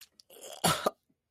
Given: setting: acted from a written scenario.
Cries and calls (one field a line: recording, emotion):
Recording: vocal sound without words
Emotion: disgust